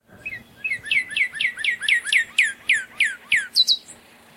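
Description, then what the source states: Northern cardinal giving a rapid series of about a dozen loud, clear, downslurred whistled notes, ending in a couple of higher notes. Nominate subspecies cardinalis.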